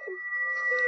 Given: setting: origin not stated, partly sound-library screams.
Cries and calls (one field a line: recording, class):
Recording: one-second piece from a danger detection set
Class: woman in danger